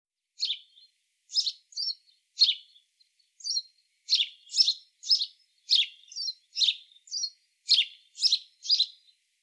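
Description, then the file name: House sparrow chirping: short, sharp, slightly buzzy chirps in an irregular string, about two per second, some doubled, against an otherwise silent background. "Passer domesticus"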